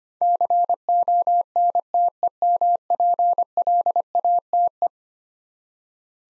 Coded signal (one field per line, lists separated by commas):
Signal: Morse code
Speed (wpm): 25 wpm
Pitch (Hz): 700 Hz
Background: none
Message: CONTEMPLATE